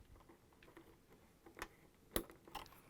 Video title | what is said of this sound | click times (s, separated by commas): How To Replace: LG/Kenmore Refrigerator Door Gasket ADX73350635 | make sure you hear the click | 2.2 s